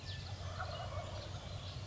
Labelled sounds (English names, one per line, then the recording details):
Wild Turkey
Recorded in Sonoma County, California